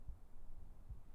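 Soft, regular low thumps: a steady heartbeat heard close up.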